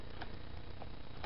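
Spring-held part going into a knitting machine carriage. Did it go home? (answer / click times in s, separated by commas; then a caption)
partly / none. A spring-held part is pressed down past the spring fingers into a knitting machine carriage during reassembly. Small ticks sound at about 0.2, 0.8 and 1.2 seconds over a steady low hum. The part is not fully seated, and nothing has clicked into place yet.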